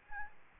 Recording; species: mosquito wingbeat signal from an infrared sensor; Aedes albopictus